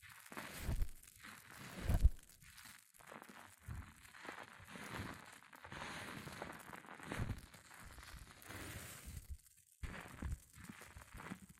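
Hair mousse fizzes and crackles in a dense, continuous stream of tiny pops and crinkles. Louder bursts with low thumps come near the first and second seconds, then the fizzing settles into a steadier hiss, briefly dropping out just before the tenth second.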